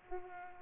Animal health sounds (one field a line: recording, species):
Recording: mosquito wingbeat signal from an infrared sensor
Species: Aedes aegypti